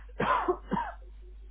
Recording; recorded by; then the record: voluntary cough; telephone call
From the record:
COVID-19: negative